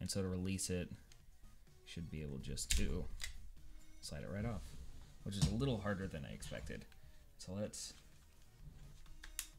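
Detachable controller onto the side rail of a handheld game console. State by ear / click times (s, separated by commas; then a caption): seated / 9.4 s. Someone talks while sliding a detachable controller off the side rail of a Nintendo Switch handheld game console, which comes off a little harder than expected. They then slide it back onto the rail until it locks with a sharp, satisfying click at 9.4 s, after two fainter ticks just before it. The controller is seated.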